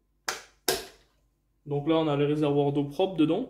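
A plastic cover on the body of a Jimmy PW11 Pro Max hand-held vacuum washer is held and pulled to unclip it, giving two loud sharp snaps at 0.3 s and 0.7 s as it comes off. The cover is released, and then someone talks.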